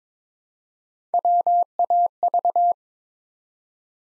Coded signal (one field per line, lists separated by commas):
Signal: Morse code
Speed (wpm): 22 wpm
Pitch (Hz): 700 Hz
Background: none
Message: WAV